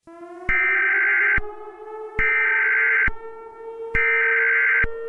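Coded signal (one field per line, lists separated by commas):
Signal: Emergency Alert System (SAME) tones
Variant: header bursts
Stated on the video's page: Mock Emergency Alert System alert, a fictional made-up scenario.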